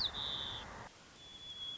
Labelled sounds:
White-crowned Sparrow (Zonotrichia leucophrys)
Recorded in Sonoma County, California

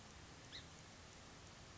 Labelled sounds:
Song Sparrow (Melospiza melodia)
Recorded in Sonoma County, California

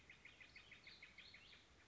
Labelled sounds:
Warbling Vireo (Vireo gilvus)
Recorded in Sonoma County, California

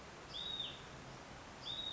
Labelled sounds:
Hutton's Vireo (Vireo huttoni)
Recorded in Sonoma County, California

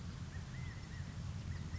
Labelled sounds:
California Quail (Callipepla californica)
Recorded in Sonoma County, California

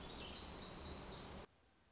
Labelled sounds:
Black-throated Gray Warbler (Setophaga nigrescens)
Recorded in Sonoma County, California

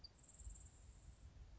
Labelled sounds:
Grasshopper Sparrow (Ammodramus savannarum)
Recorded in Sonoma County, California

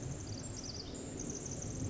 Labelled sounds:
Pacific Wren (Troglodytes pacificus)
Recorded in Sonoma County, California

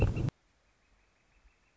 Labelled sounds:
Northern Flicker (Colaptes auratus)
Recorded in Sonoma County, California

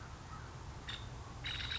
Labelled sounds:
Nuttall's Woodpecker (Dryobates nuttallii)
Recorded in Sonoma County, California

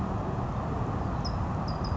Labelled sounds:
California Towhee (Melozone crissalis)
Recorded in Sonoma County, California

